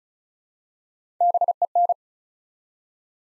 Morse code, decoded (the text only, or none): BEN